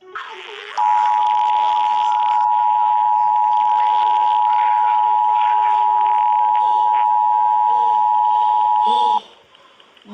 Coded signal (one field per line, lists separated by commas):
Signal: Emergency Alert System (SAME) tones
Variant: 853 and 960 Hz attention tone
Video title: EAS Alert #6 (LMTV-dt2) - Coastal Flood